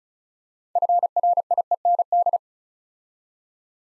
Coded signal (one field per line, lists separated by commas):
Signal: Morse code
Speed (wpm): 34 wpm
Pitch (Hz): 700 Hz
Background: none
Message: FRIEND